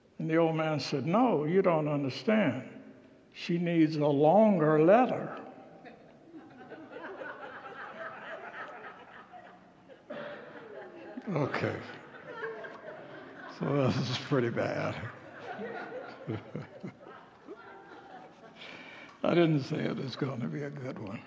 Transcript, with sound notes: And the old man said, “No; you don’t understand. She needs a longer ladder.” [Congregants laugh] Okay. So, this is pretty bad. I didn’t say it was going to be a good one.